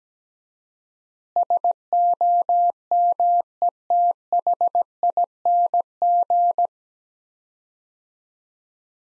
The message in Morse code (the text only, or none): SOMETHING